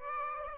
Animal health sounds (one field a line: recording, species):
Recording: mosquito wingbeat signal from an infrared sensor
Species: Aedes aegypti